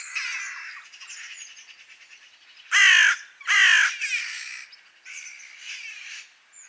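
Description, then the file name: Eurasian magpie chattering: a soft rapid stutter at first, then two loud harsh rasping calls near the middle, followed by further scratchy bursts. "Pica pica"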